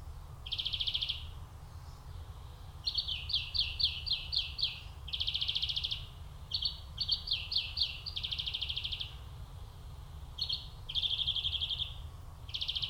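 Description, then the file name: European Greenfinch song: twittering trilled phrases and quick chirp runs strung together almost continuously, over low rumble. "Chloris chloris"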